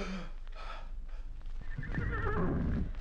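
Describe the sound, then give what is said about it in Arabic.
A horse struck by an arrow neighs in a loud, shrill whinny, its high pitch wavering and rising before fading, as it falls, with low rumbling noise beneath and no speech. “أخطأت من انفعالي، أصبت الحصان وكريم سليم.”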